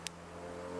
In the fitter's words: it locks into place.